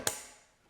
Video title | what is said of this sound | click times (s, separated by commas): LUMBER PREDICTION...DROPPING...NEXT WEEK...MAYBE... :) | audible click | 0.1 s